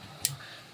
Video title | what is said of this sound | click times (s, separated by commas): 2004 Audi S4 Fuel Sender Replacement DIY | like that so now just click as you can hear it and then connect | 0.2 s